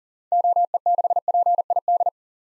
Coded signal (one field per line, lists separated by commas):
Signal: Morse code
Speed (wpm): 40 wpm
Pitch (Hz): 700 Hz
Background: none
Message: OE6PID